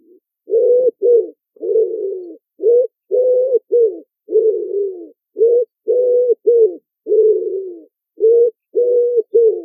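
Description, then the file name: Common wood pigeon cooing: low, hooting notes in rhythmic repeated phrases, short and longer coos alternating throughout with no other sounds. "colombaccio"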